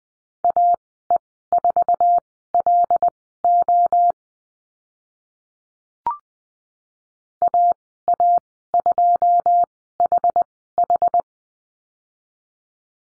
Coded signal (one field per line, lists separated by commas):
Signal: Morse code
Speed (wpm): 20 wpm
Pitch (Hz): 700 Hz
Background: none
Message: AE4LO AA2HH